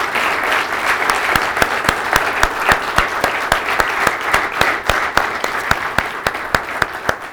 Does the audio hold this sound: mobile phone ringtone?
no